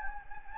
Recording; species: mosquito wingbeat signal from an infrared sensor; Anopheles gambiae